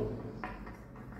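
The square key of a Hydra flush valve repair part is fitted into the square socket at the bottom of the valve nut, seating with a sharp knock at 0.4 s. Two softer knocks follow at about 0.7 s and 1.0 s over a steady low hum. The part is seated and sits correctly.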